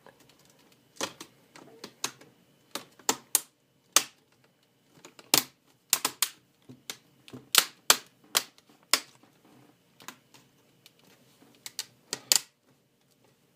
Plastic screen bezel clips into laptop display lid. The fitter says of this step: you hear all the clipping noises close it up flip it around and